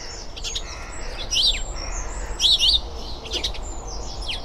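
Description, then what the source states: House sparrow contact calls: short, bright chirps in small clusters, some doubled, scattered throughout over a low background hum. Noisy, chatty birds constantly contact calling to each other; the calling is not seasonal; suburban Edinburgh, February.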